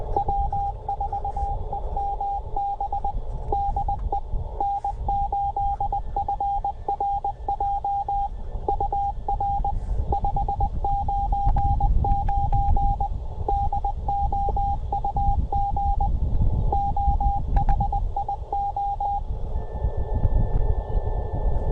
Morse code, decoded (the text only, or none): W4EMB DE N8FRJ UR 599 DOUG OHIO